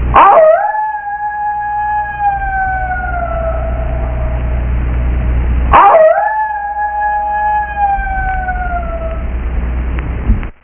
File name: Coyote